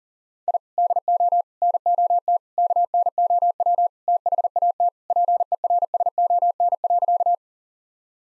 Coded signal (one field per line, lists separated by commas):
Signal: Morse code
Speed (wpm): 40 wpm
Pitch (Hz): 700 Hz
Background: none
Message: I DO NOT KNOW THAT PERSON.